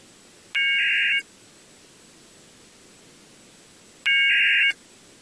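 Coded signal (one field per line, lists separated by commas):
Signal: packet radio (AX.25, as in APRS)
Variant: 1200 baud AFSK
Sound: two short harsh warbling data bursts about three and a half seconds apart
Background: radio static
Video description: I am using a YAESU VX-8DR handheld radio to transmit an APRS beacon which is fed to the computer soundcard using a very inexpensive R820T RTL2832 USB dongle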